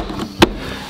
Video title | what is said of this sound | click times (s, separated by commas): AREOVE Air Purifier MK04 with Air Quality Sensors H13 True HEPA Filter | take the cover it'll snap right in | 0.4 s